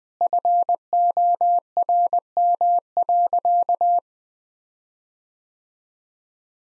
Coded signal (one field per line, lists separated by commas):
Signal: Morse code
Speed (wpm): 20 wpm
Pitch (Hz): 700 Hz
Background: none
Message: FORM.